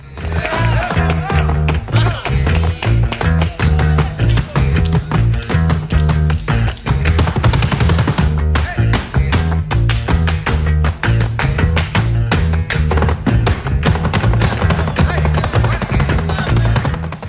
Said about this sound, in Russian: Ну, просто потому что движения в нем не только видны, но и слышны. Я имею в виду, конечно, удары каблуков о пол. Вот так это звучит.